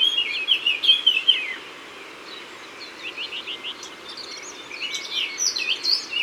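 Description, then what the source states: Eurasian blackcap song: a quick, loud warbled phrase of high chattering notes, followed by softer scattered twitters and whistles over a steady hiss. Recorded in Isère.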